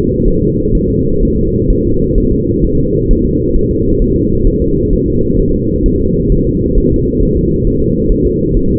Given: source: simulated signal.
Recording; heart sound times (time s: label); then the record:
fetal heart sounds
0.28 s: S1
0.43 s: S2
0.75 s: S1
0.90 s: S2
1.23 s: S1
1.37 s: S2
1.70 s: S1
1.85 s: S2
2.18 s: S1
2.33 s: S2
2.65 s: S1
2.79 s: S2
3.11 s: S1
3.25 s: S2
3.56 s: S1
3.71 s: S2
4.02 s: S1
4.17 s: S2
4.47 s: S1
4.62 s: S2
4.93 s: S1
5.08 s: S2
5.40 s: S1
5.54 s: S2
5.86 s: S1
6.01 s: S2
6.32 s: S1
6.47 s: S2
6.78 s: S1
6.92 s: S2
7.23 s: S1
7.37 s: S2
7.67 s: S1
7.82 s: S2
8.12 s: S1
8.27 s: S2
8.57 s: S1
8.72 s: S2
From the record:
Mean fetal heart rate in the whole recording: 130 bpm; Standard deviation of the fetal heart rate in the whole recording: 4 bpm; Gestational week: 38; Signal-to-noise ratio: -15.3 dB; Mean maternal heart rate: 72 bpm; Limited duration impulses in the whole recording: present